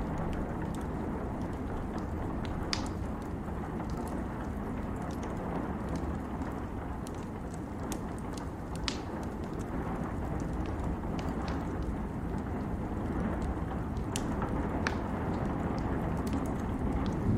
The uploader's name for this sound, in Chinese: 雨夜火炉